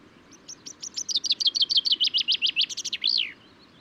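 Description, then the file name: Common chaffinch song: crisp repeated notes forming a rattling trill, finished by an emphatic falling flourish, over a quiet low hum. Male singing, recorded at Důl Bílého Labe, Czech Republic, on 22 May 2018. "cchaffin-coelebs-1-M-S cz dul-bileho-labe"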